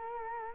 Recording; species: mosquito wingbeat signal from an infrared sensor; Culex quinquefasciatus